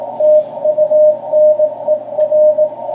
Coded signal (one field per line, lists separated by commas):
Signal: Morse code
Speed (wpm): 18 wpm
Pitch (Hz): 620 Hz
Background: radio noise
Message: TUNER